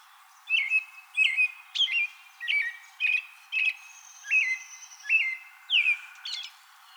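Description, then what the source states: American robin song: a series of many whistled caroling phrases, roughly one every two-thirds of a second. Recorded 2020-04-24.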